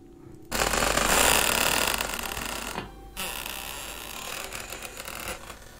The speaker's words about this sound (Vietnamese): Cùng lúc đó, cánh cửa từ từ mở ra, vang lên những âm thanh cọt kẹt đến ghê rợn.